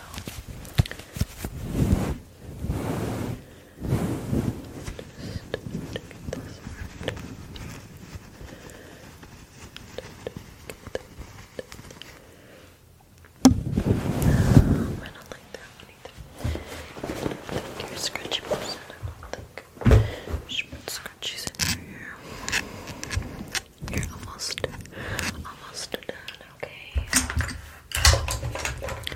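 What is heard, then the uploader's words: Close-up hair play: dense, irregular rustling and scratching right against the microphone, with quick crackling bursts that start and stop unpredictably. Heavier, muffled rubbing swells near the start, around fourteen seconds, and again near the end, with brief soft whispering in between. Unpredictable, Up-Close Hair Play.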